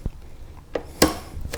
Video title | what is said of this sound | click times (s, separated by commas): Advanblack Stretched Side Covers 14+ Harley Davidson Touring | the back end you can hear it pop in just like that | 1.0 s